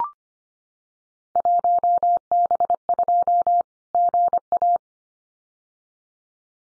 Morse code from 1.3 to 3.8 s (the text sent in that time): 1B2